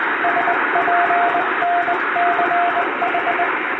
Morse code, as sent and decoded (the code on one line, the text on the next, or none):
... .--. -. -.-. ....
SPNCH